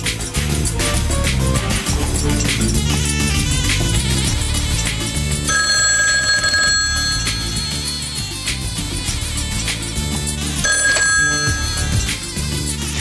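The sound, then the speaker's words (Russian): A telephone bell rings in two long, bright bursts, the second after a short pause, cutting through a steady bed of loud instrumental music with no talking; the phone is answered by Monsieur Duval. “Алло. Мсье Дюваль у телефона.”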